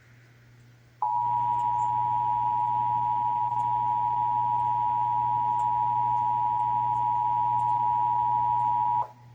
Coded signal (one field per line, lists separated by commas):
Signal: Emergency Alert System (SAME) tones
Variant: 853 and 960 Hz attention tone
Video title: (EAS #763-772) December 2024 Texas Required Monthly Test